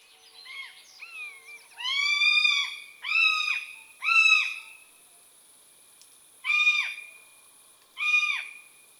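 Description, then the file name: Common buzzard giving a series of five loud, harmonic mewing calls, each up to about a second long and slurring down at the end, after softer shorter notes at the start. "buse variable"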